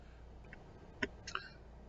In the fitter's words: put the lower side of the assembly in the bracket and then rotate it up until you hear two snaps